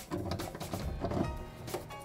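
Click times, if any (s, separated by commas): none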